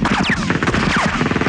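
Rapid, overlapping gunshots of soldiers shooting at sparrows crackle in a dense, continuous volley, loud and steady throughout, with a couple of brief high whistling sweeps cutting through. No one speaks.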